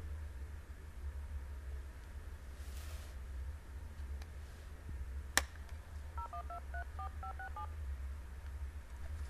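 A quick run of about eight dual-pitched telephone keypad beeps, short and evenly spaced, over a steady low hum, preceded by a single sharp click.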